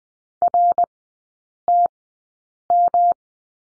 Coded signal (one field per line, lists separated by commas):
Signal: Morse code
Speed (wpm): 20 wpm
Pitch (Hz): 700 Hz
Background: none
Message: RTM